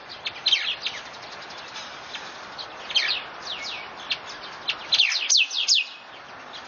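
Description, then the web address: Bird uttering soft, thin, falling chirps in loose series, ending in a louder quick burst of several sharp notes over low hiss. Recorded 31 October 2013; species unidentified. "itoshikimono torinokoesyumeifumei 20131031"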